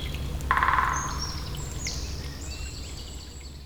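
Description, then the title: Great spotted woodpecker drumming: one short, rapid roll of wooden knocks lasting about half a second, followed by thin high whistles of other birds over a steady low rumble. Territorial marking on the stump of a long dead tree beside a stream, Saint-Jean, France; first take, binaural, Soundman OKM II classic and Zoom H4n. "28 Chemin de Lapeyrière, Saint-Jean, France - Pic épeiche marquage territoire #1"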